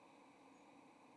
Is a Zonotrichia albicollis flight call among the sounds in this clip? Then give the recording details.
yes. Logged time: 07:04 on 30 October 2014